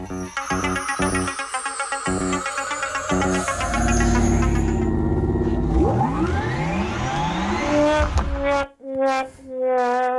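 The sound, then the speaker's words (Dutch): A car engine revs and roars, illustrating the roaring engine Ferrari promises for its new vehicles, starting with choppy pulsing bursts, then sweeping up in pitch as it accelerates hard, ending with a few sharp throttle blips. “Die vraag is: Ferrari belooft een brullende motor bij wat voor nieuwe voertuigen?”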